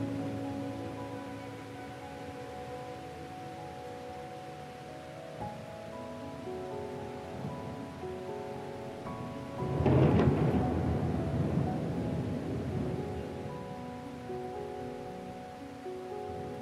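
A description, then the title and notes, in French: Steady rain hisses beneath soft, slow music with held tones. Around ten seconds a low roll of thunder swells up, rumbling for a few seconds before fading back under the rain and sustained notes. ORAGE Relaxant et une MUSIQUE Douce. Endormez-vous aux sons apaisants du tonnerre et de la pluie, accompagnés d'une douce musique classique.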